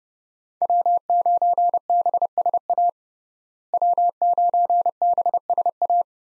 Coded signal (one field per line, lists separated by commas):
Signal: Morse code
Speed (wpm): 30 wpm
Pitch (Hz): 700 Hz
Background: none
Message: W9BSA W9BSA